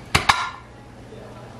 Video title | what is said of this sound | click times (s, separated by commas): How to can milk using tattler lids, and reused flats | and you push it down till it clicks and then there you go and now | 0.2 s, 0.3 s